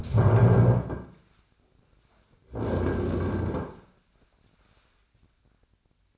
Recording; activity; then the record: daily activity, microphone in the room; stand up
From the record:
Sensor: 2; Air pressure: 1009.1 hPa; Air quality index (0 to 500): 168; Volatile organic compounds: 2 ppm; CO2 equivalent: 1226 ppm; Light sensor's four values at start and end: 34/92/39/42 and 37/98/41/44